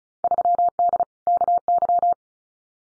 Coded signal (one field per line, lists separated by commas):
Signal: Morse code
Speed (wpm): 34 wpm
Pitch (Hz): 700 Hz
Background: none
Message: 3D KY